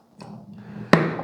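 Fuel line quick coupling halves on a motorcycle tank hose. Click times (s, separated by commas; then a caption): 0.9 s. The two halves of a nickel-plated brass CPC quick-release coupling on the fuel tank hose of a BMW R 1150, 1100 or 850 motorcycle are pressed together. A soft knock at 0.2 s and faint handling noise lead up to one sharp, loud click at 0.9 s. The coupling has clicked into place and is seated.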